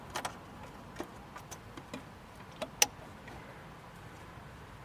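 A fuel line quick-connect fitting is pushed onto a new diesel fuel filter on a Renault Megane II dCi, with soft taps and handling noises beforehand. A sharp, short click at 2.8 s marks the connector seating onto the filter.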